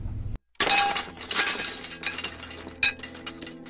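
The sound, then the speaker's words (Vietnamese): On a deserted street at night, a loud shattering crash of breaking glass bursts in just behind a walking woman after a brief silence, followed by a scatter of tinkling, clinking shards that keep ringing and settling for several seconds. “Có tiếng vỡ rất lớn nổ ra gần sát sau lưng.”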